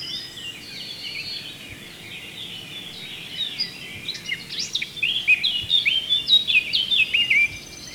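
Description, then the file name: Eurasian blackcap song: a soft, rambling warble that builds into louder, clearer fluty phrases in its second half, over a steady low background hiss. "Sylvia atricapilla"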